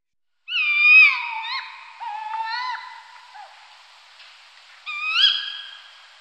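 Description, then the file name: Tawny owl calls: sharp, high, falling notes with a nasal edge, given three times over a few seconds against a faint hiss. "carabo comun"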